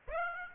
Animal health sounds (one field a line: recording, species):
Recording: mosquito wingbeat signal from an infrared sensor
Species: Aedes aegypti